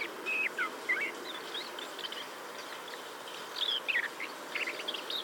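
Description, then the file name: Common blackbird calls, clear short whistled and chirping notes in irregular clusters, some slurred up and down, with a soft hiss behind. "Turdus merula"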